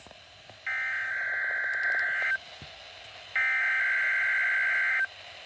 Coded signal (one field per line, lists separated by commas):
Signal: Emergency Alert System (SAME) tones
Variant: header bursts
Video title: EAS Required Weekly Test